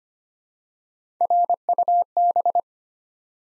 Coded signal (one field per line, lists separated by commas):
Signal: Morse code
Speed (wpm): 25 wpm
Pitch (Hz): 700 Hz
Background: none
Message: RUB